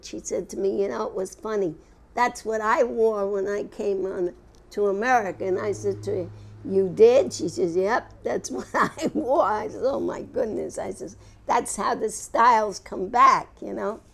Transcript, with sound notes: She said to me, "You know it was funny, that's what I wore when I came on to America." And I said to her, "You did?" She said, "Yep, that's what I wore." (She laughs.) I said, "Oh, my goodness," I says, "that's how the styles come back," you know.